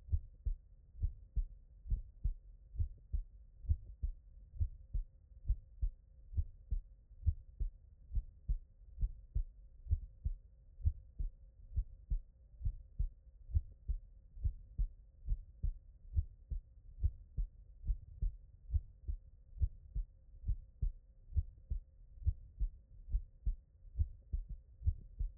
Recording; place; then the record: heart sounds by stethoscope; tricuspid valve (TV)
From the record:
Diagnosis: non-HFrEF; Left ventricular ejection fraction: 62%